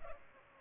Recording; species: mosquito wingbeat signal from an infrared sensor; Culex pipiens